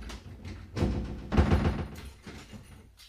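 The door of a room where a girl is being locked in swings shut with a dull thud, then a louder scraping clatter as a heavy bolt is slid and locked, trailing off into a softer knock.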